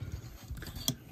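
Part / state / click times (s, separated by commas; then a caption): figure arm tab into body slot clip / seated / 0.9 s. A plastic Transformers Studio Series Shockwave action figure from the Bumblebee movie is being transformed: its arm, rotated backwards, has a tab pushed into a clip-like slot on the body. Soft handling rustles and faint clicks at about 0.6 seconds lead up to a sharp, bright snap at 0.9 seconds as the tab seats into the slot. The arm is locked in place.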